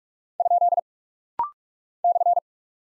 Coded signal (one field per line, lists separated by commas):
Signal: Morse code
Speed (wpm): 43 wpm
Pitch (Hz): 700 Hz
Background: none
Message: ? /